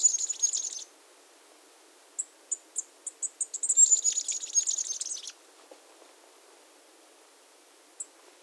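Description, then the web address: Masked flowerpiercer song: a short high twitter, then a run of separate high chips building into a fast, jumbled, very high warble, with a few isolated chips after. Recorded at Iguaque, Villa de Leyva, Colombia, and its surroundings. "sonidos de las aves iguaque villa de leyva y sus alrededores 35 Diglosa De Antifaz, Diglossa cyanea"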